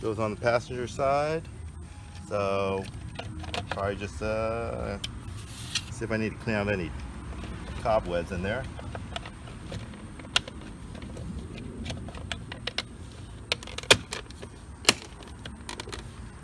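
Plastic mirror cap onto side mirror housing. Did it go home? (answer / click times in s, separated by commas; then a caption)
yes / 12.3 s, 12.8 s, 13.5 s, 13.9 s, 14.9 s. A replacement plastic mirror cap is pressed onto the passenger-side mirror housing of a 2009 R56 Mini Cooper after the old cap is removed. Someone talks over faint background noise. The cap's clips snap in with sharp clicks at 12.3, 12.8, 13.5, 13.9 and 14.9 seconds, leaving it clipped in evenly all the way around.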